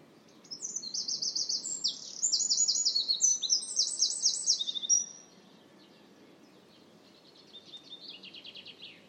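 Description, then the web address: Bird song of rapid, very high-pitched repeated notes in quick trilled runs for about five seconds, then a fainter trill near the end. "cianscape birddata Deverinetal 2025"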